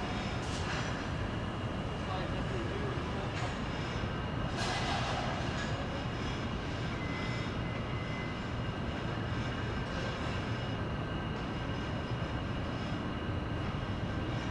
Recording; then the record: background sound without coughing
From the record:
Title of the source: 30 MINUTES Construction Site Ambience (CC BY 4.0)